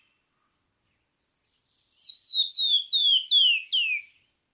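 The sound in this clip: Canyon wren singing: a few soft high notes, then a run of loud, slurred whistles, each dropping in pitch and the series descending step by step.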